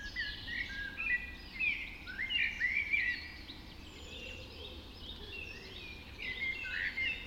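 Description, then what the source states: Birds in a dawn chorus, overlapping bright warbles and whistled trills from several singers in bursts, with a soft low hum. Dawn chorus recorded just after dawn in the Forest of Dean.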